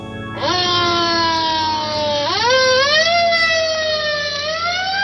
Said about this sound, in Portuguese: Ambulância desce o morro, Dona Maria pede socorro.